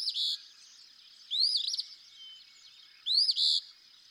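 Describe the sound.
Eastern phoebe repeats a scratchy, buzzy two-note phrase, rising then burry, three times in a few seconds, with faint background hiss.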